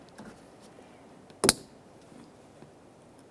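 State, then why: Seated. An electrical connector with a locking tab is lined up and pressed onto the rear window motor of a 2009-2014 Nissan Maxima during replacement of the rear window motor and regulator assembly. Against a quiet background, a sharp, bright double click sounds at 1.4 and 1.5 seconds. The connector is seated and locked onto the motor.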